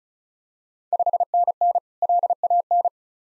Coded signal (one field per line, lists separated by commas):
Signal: Morse code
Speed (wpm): 36 wpm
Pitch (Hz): 700 Hz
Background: none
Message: 5NN LAN